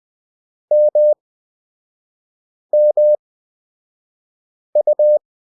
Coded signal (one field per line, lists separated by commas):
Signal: Morse code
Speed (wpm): 20 wpm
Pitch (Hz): 600 Hz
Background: none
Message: MMU